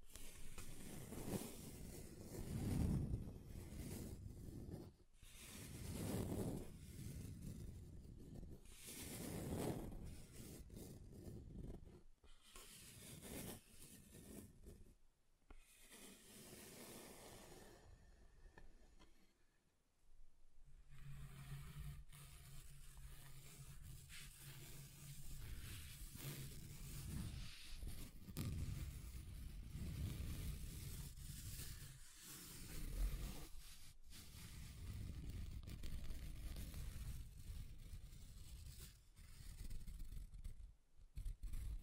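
Scratching across a table, in uneven rough strokes with a low rumbling body and gritty upper texture. The scraping comes in bursts with short pauses, quieter around 20 seconds, then resumes with a steady low hum and denser, more continuous rubbing.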